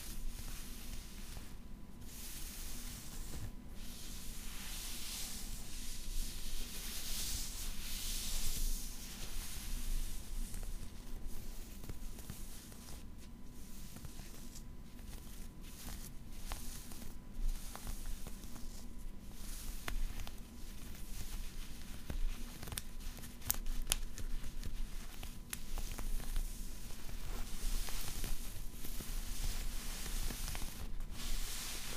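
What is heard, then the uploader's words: Fabric is being scratched and rubbed in a continuous, busy run of dry, bright scraping strokes, swelling a little around seven to eight seconds. Short sharp clicks pop out now and then, and a faint low hum sits underneath throughout. Fabric Scratching. In dieser Folge verwende ich unterschiedliche Stoffe.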